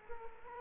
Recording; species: mosquito wingbeat signal from an infrared sensor; Culex quinquefasciatus